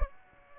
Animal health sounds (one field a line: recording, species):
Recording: mosquito wingbeat signal from an infrared sensor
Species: Aedes aegypti